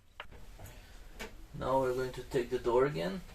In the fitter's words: I just set it into place and push until it clicks.